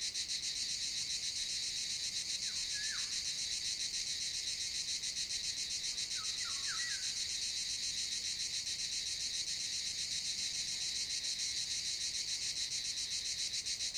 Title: Piedralaves, Ávila, España - Chicharras y Oropéndola Europea